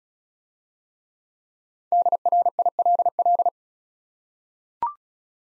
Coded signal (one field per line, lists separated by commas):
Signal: Morse code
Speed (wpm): 36 wpm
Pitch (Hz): 700 Hz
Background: none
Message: DRILL